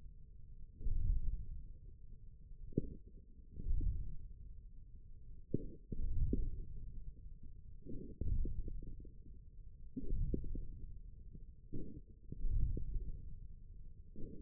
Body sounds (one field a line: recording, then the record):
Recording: forearm muscle sounds (acoustic myography)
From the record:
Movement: ulnar deviation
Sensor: system 1, eight BSWA MPA416 microphones around the upper forearm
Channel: 7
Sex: male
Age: 41 years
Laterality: right